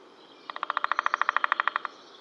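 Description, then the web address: Woodpecker chirps: one fast, even series of about twenty sharp, clipped notes lasting under a second and a half, over a faint steady background hiss. "bird woodpecker chirps"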